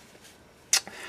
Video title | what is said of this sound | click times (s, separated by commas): Locator Tool Tips And Tricks | straight up and down until i hear that popping noise you will not | 0.7 s